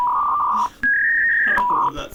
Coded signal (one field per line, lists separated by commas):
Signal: fax machine handshake